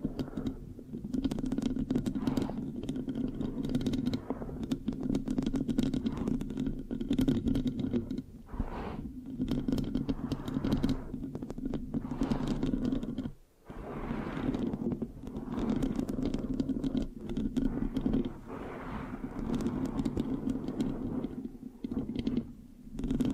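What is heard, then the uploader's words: Continuous scratching and rubbing right against a microphone, dense and steady with a thick low rumble underneath and crackly, sticky-sounding texture on top. Brief pauses break the scratching, most clearly a short gap around thirteen seconds, and no voice is heard. ASMR Giving You a Brain Peel Mic Scratching, Sticky, Brain Massage Triggers (No Talking).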